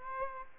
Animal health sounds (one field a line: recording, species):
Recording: mosquito wingbeat signal from an infrared sensor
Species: Aedes aegypti